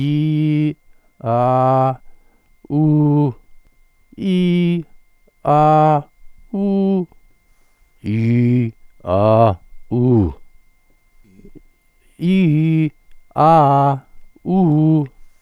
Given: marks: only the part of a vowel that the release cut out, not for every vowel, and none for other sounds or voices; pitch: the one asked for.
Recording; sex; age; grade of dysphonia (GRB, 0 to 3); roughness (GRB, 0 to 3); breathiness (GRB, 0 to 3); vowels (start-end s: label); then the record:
sustained vowels; male; 60 to 69 years; 0; 0; 0
0.00-0.67 s: vowel /i/, normal pitch
1.30-1.89 s: vowel /a/, normal pitch
4.26-4.77 s: vowel /i/, high pitch
5.48-5.98 s: vowel /a/, high pitch
8.11-8.64 s: vowel /i/, low pitch
12.26-12.84 s: vowel /i/, low-high-low pitch
13.40-13.92 s: vowel /a/, low-high-low pitch
14.49-15.01 s: vowel /u/, low-high-low pitch
From the record:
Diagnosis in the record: recurrent laryngeal nerve paralysis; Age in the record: 64 years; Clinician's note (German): Idiopathisch, gute Restbeweglichkeit, gute Kompensation